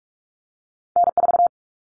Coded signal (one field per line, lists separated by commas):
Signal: Morse code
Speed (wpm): 44 wpm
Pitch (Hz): 700 Hz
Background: none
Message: N4